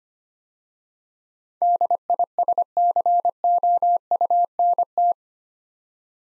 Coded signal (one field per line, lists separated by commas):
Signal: Morse code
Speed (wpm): 25 wpm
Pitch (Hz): 700 Hz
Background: none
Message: DISCOUNT